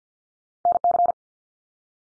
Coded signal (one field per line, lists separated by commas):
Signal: Morse code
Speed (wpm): 50 wpm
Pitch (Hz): 700 Hz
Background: none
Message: NC